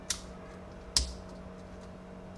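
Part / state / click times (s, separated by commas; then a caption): toy head into torso clip / seated / 0.1 s, 1.0 s. While transforming a plastic Transformers movie MPM-03 Bumblebee robot toy (WW-01 detailed-paint modified version), the head is flipped up and pressed into its torso clip. Two sharp plastic clicks sound at 0.1 s and 1.0 s, the second louder, and the head locks firmly into place.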